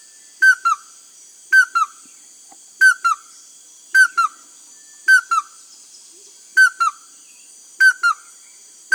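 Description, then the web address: Chestnut-headed crake calling: short paired whistled notes, the second slightly lower, repeated about once a second over a steady high background hum. South America. "Natures Songs S America Chestnut-headed Crake"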